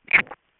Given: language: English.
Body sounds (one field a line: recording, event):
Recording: throat vibration sensor signal played as sound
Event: swallow